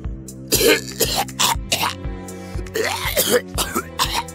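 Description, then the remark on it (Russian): A run of harsh, barking coughs, about eight rough voiced bursts in an uneven rhythm, with short strained breaths between them and no speech. “Голова задрожала и зашла лающим кашлем.”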